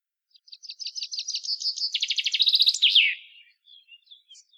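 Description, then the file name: Common chaffinch song: a fast series of bright, high notes, then a denser rattling phrase, ending in a short descending flourish, then a few soft faint notes. "Fringilla coelebs"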